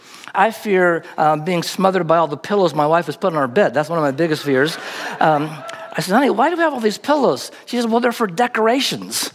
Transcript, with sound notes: I fear being smothered by all the pillows my wife has put on our bed. That’s one of my biggest fears. (laughter) I said, “Honey, why do we have all these pillows?” She says, “Well, they’re for decorations.”